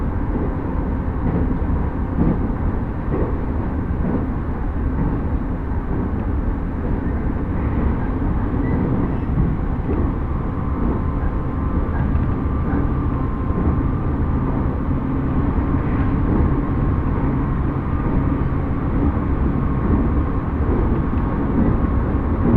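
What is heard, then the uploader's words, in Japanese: Riding a rapid train on the Uchibō Line, a steady, dense low rumble continues throughout, with faint whining tones and occasional soft knocks. 鉄道旅 内房線快速 千葉→木更津。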